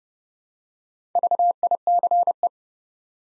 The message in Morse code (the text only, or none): VICE